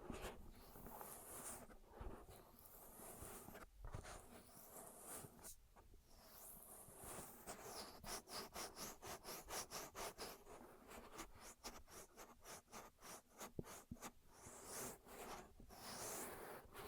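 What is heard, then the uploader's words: Ear massage sounds made of soft rubbing and brushing strokes that rise and fall throughout. From about eight to fourteen seconds the strokes turn quick and regular, a rapid run of bright swishes, then ease back into slower, smoother rubbing with a low hum underneath. ASMR 10 Ear Massages for Sleep (No Talking).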